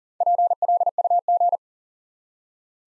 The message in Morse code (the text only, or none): PLUG